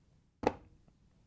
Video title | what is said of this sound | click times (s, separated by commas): GE Dishwasher Soap Dispenser Lever WD16X313 Replacement | once you have it lined up you can push it down so it snaps into place | 0.5 s